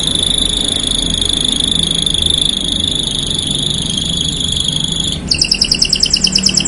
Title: Canto Para Esquentar Canário Belga. Suara Burung Kenari Black red Gacor Dor